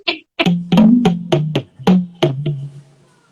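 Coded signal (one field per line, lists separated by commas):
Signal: talking drum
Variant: Yoruba dùndún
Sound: about nine quick drum strokes, each ringing low with pitch rising and falling like speech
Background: small room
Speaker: can you use the talking drums to say what I'm saying so that's say can you say Annie Machado carry it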